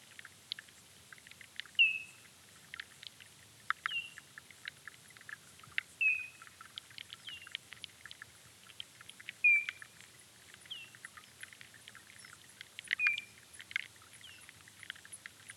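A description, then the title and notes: Birdsong in a floodplain soundscape: a clear, bright call repeats about every two seconds, with quick chirps and ticks scattered densely between. A faint, steady low hum sits underneath throughout. Aural encounters in the floodplains by pablo sanz, 2023. An imaginary day, from dawn to sunset. It meanders through aural spaces based on encounters with human and other-than-human lifeforms and their movements, shaped by the presence of the river.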